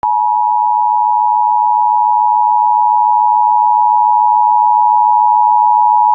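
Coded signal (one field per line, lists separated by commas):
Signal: Emergency Alert System (SAME) tones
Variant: 853 and 960 Hz attention tone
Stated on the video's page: Mock EAS Tornado Watch for Arkansas and Texas; a simulation, not a real alert.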